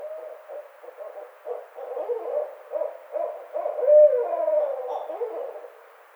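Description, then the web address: Barred owl hooting: repeated hoots overlap, building to a drawn-out wavering call before fading. Recorded on 29 May 2009. "sounds birds Barred Owl 2009 05 29 Barred Owl"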